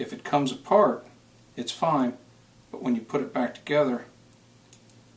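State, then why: Seated. Someone talks while a small, spring-loaded plastic safety part is pressed back into its slot in a Glock pistol slide so it stays in place during cleaning, since it is easy to dislodge and lose. A short, sharp click is heard at 4.7 s as the safety snaps back into place and seats.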